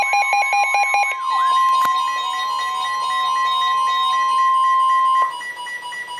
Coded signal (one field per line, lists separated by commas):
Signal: Emergency Alert System (SAME) tones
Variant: 1050 Hz attention tone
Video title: Flood Warning for the Passaic River at Chatham (EAS #1,122)